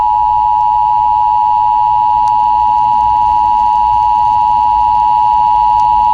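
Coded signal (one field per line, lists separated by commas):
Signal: Emergency Alert System (SAME) tones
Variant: 853 and 960 Hz attention tone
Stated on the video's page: Fictional EAS scenario, not a real alert.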